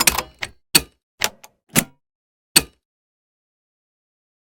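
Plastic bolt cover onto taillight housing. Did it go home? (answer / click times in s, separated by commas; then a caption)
yes / 0.8 s, 2.6 s. Plastic mounting bolt covers are pressed onto the taillight housing of a 2011–2017 Ford Explorer, over the mounting bolts. A series of short knocks and taps leads to two sharp clicks at 0.8 s and 2.6 s, followed by silence. The covers snap into place and are seated.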